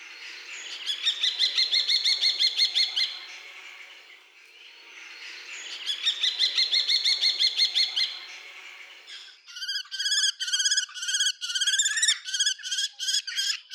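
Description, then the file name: Common kestrel with two rapid trilled bursts of shrill ki notes, each about three seconds, followed by a looser series of harsh, separate kee calls. "pustulka"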